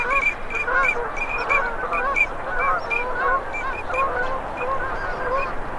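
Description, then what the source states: Duck flock calls: a continuous chorus of nasal honks and squawks, with a high squeaky note cutting through often and irregularly. Male and female migratory ducks.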